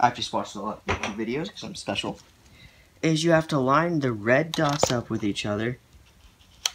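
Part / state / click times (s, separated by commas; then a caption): interchangeable lens into mirrorless camera body mount / seated / 6.7 s. Someone talks while lining up the red dots on an interchangeable lens and a Panasonic Lumix G7 mirrorless camera body, then twisting the lens into the bayonet mount. A sharp click at 6.7 s marks the lens seating in the mount.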